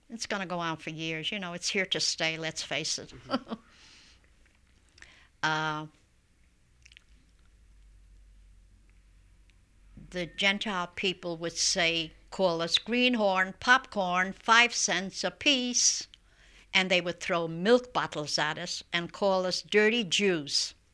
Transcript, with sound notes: It's going to go on for years, you know, it's here to stay. Let's face it. (she laughs) Uh, the Gentile people would say, call us "greenhorn, popcorn, five cents a piece" and they would throw milk bottles at us and call us "dirty Jews."